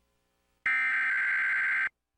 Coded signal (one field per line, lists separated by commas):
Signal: Emergency Alert System (SAME) tones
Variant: header bursts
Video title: eas alarm